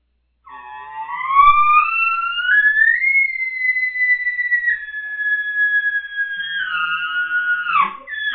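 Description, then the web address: Elk bugle: a long, pure whistle rises through several steps, then holds high for seconds before dropping and ending in a brief rough break. Bull elk. "bowsite. elkcontest elk 2001 soundfiles bull"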